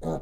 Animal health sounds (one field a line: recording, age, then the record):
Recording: pig call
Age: piglet (1 to 25 days)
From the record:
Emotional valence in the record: negative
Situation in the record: long isolation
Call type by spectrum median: low-frequency call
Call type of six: low-frequency stable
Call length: 0.22 s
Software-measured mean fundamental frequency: 54 Hz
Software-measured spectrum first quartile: 173 Hz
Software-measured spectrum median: 372 Hz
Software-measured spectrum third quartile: 602 Hz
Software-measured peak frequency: 158 Hz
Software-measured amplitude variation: 98 dB a second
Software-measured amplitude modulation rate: 11.6 a second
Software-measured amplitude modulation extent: 8.4 dB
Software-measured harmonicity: -0.9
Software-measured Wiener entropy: -0.45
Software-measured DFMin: 1478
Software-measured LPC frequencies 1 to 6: 558, 3597, 3963, 4750, 6505, 6983 Hz